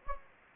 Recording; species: mosquito wingbeat signal from an infrared sensor; Anopheles gambiae